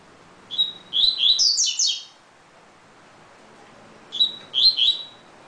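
Double-collared seedeater song: two phrases of a thin whistled note followed by quick bright rising and falling notes, separated by a few seconds of quiet.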